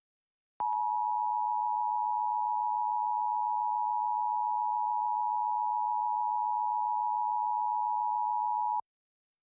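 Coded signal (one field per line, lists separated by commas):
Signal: Emergency Alert System (SAME) tones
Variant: 853 and 960 Hz attention tone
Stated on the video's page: Capture of a television station's scheduled EAS test.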